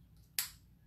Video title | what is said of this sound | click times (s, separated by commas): Andis: Clipper Cutting Tutorial - The New Era of Barbering with Rodrick Samuels | Everybody heard that click? Nice snap, okay? | 0.4 s